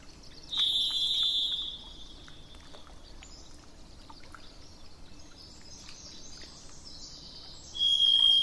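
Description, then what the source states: Thrush song: a long, steady, high whistled note lasting about a second, then a long pause, then another sustained whistle at a slightly different pitch, over a constant background hiss. Recorded 27 April 2004, with truck noise in the background.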